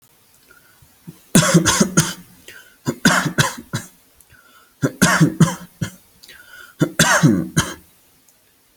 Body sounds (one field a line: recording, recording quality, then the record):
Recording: shallow voluntary cough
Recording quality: excellent, no background noise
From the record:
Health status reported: healthy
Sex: male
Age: 22 years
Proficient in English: yes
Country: India